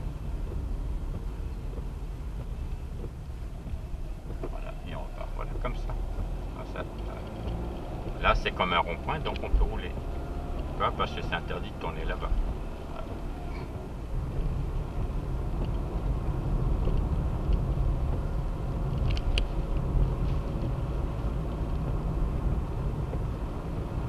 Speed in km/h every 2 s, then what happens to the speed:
22, 17, 22, 34, 36, 38, 38, 42, 43, 45, 47, 48.
3-24 speeds up to 48.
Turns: none.